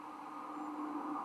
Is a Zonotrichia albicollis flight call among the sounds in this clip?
no